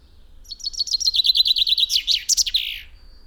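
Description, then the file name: Common chaffinch singing a rattling series of high notes that gradually descends into a final flourish and a short buzzy ending. "Fringilla coelebs"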